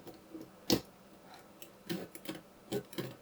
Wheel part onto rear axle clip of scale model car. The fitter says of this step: mount it's going to mount right onto the uh clip just like that it's going to click into place